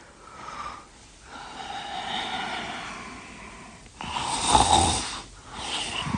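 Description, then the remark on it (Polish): A woman in deep sleep snoring in slow, rasping breaths, each drawn-out rumble rising and fading, with a louder, harsher snort partway through. No one speaks. “Śpi jak zabita.”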